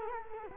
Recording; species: mosquito wingbeat signal from an infrared sensor; Culex quinquefasciatus